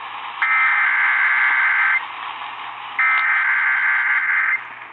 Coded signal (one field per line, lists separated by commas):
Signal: Emergency Alert System (SAME) tones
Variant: header bursts